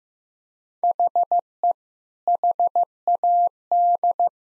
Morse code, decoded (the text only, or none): HE HAD